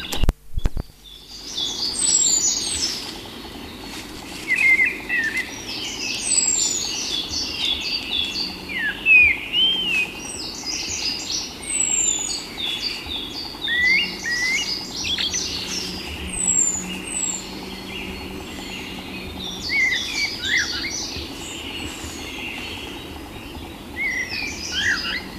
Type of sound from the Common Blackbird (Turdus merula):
song